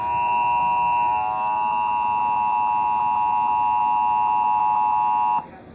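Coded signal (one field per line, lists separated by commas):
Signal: Emergency Alert System (SAME) tones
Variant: 853 and 960 Hz attention tone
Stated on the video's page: Real Tornado Warning on NOAA Weather Radio, plus the same warning on a TV EAS alert.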